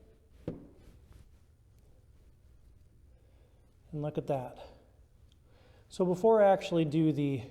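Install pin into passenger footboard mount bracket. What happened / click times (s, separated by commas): The metal pin popped into its mount / 0.5 s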